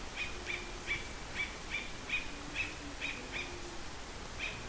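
Bird calling with a series of brief sharp high chirps at short intervals, with a longer pause before the last one, against a constant background hiss.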